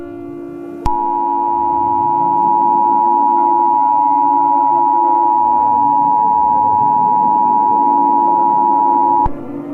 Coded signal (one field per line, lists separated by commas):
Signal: Emergency Alert System (SAME) tones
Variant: 853 and 960 Hz attention tone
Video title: EAS Scenario #49 A Surfer's Nightmare